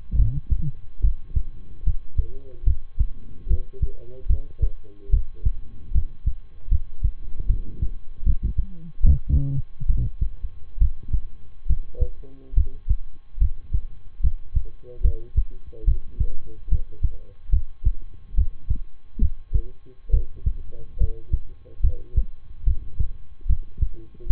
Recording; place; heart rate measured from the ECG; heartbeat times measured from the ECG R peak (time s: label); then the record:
heart sounds by stethoscope; between the tricuspid and mitral areas; 72 bpm
0.15 s: heartbeat
1.00 s: heartbeat
1.83 s: heartbeat
2.63 s: heartbeat
3.47 s: heartbeat
4.26 s: heartbeat
5.09 s: heartbeat
5.91 s: heartbeat
6.68 s: heartbeat
7.46 s: heartbeat
8.23 s: heartbeat
9.01 s: heartbeat
9.86 s: heartbeat
10.78 s: heartbeat
11.66 s: heartbeat
12.53 s: heartbeat
13.37 s: heartbeat
14.20 s: heartbeat
15.01 s: heartbeat
15.84 s: heartbeat
16.68 s: heartbeat
17.49 s: heartbeat
18.34 s: heartbeat
19.18 s: heartbeat
20.10 s: heartbeat
20.97 s: heartbeat
21.80 s: heartbeat
22.63 s: heartbeat
23.46 s: heartbeat
24.26 s: heartbeat
From the record:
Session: rest, lying down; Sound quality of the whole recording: good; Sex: male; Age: 23 years